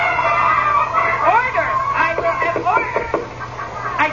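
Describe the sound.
A voice imitates a chicken, with rapid, choppy clucks and squawks rising and falling in pitch, steady and fairly loud over a low background hum.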